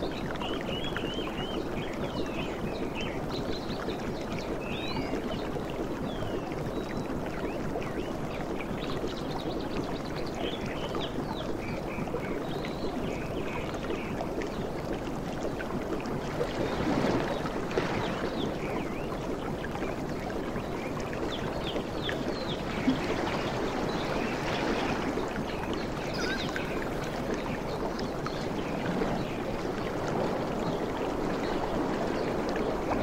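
Soft beach sounds from the tropics: a steady, dense wash of water that barely changes in level across the whole clip. Gentle surges swell slightly around seventeen and twenty-five seconds, and faint thin chirps flicker above the murmur throughout.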